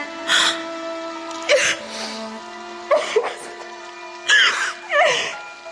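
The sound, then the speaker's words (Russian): A woman starts to cry, letting out about five short, breathy sobs with catching gasps and wavering pitch, spaced unevenly over a steady low hum. “Не доставало только слез.”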